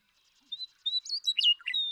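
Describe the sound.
Western meadowlark song fragment: a couple of pure whistled notes followed by a quick, fluty jumble.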